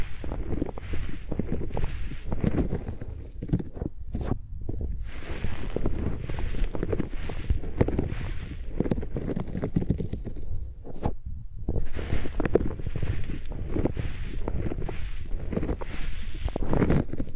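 Microphones used like pencils produce a dense, rough scratching and rubbing, heaviest in the low range with brighter scraping hiss flaring in uneven strokes. The scribbling breaks off briefly around four seconds and again near eleven, then resumes just as busily.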